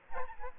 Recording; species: mosquito wingbeat signal from an infrared sensor; Aedes aegypti